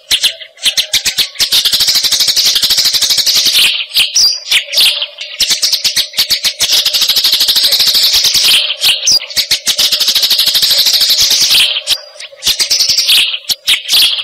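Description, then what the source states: Eurasian tree sparrow chattering song: dense, rapid high chirps in long continuous bursts broken by short pauses, over a steady low hum. Masteran training for fighting sparrows (gereja tarung).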